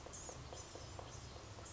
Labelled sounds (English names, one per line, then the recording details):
Blue-gray Gnatcatcher
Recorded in Sonoma County, California